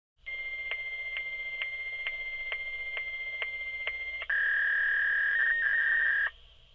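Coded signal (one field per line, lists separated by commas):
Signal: fax machine handshake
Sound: buzzing hiss with steady clicks about twice a second, then a loud steady warbling tone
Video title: Fax Data Tone Sound Effect Free Download MP3 | Pure Sound Effect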